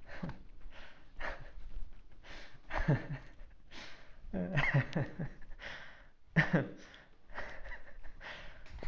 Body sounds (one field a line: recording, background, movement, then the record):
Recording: laughter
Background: quiet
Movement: sitting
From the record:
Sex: male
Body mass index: 20.5 kg/m2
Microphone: on the chest, facing outward